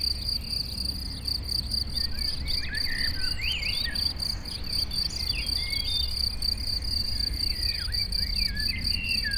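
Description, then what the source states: Cricket chorus trilling continuously at a high pitch, while birds twitter and whistle in quick phrases and road traffic hums low beneath. Chorus of crickets in a sunny west-facing sloping meadow at Chindrieux, France, with birdsong from surrounding trees and traffic noise from a nearby road.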